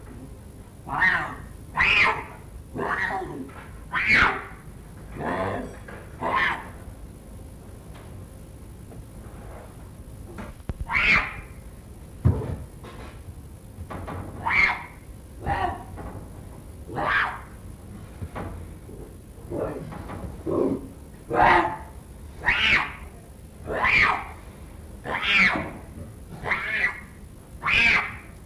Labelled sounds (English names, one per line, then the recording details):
Leopard call
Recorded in captivity
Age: juvenile
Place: Tierpark Berlin, Berlin, DE
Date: 1962-10-20 14:00
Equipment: Minifon, Kopie Smaragd
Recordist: Tembrock, Günter
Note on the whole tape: Schwarzer Panther, halbwüchsiges Tier: Rufe, dabei umherlaufend, speziell am Trenngitter zum Nachbarkäfig, wo ein Artgenosse ist